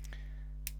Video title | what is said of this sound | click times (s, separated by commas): Rolex Yacht-Master 40 126622 4K Watch Review | good positive click to the flip lock and as you can see the 40 millimeter case | 0.7 s